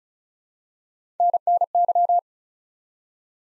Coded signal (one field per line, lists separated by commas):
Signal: Morse code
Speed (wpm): 36 wpm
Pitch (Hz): 700 Hz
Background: none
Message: NNY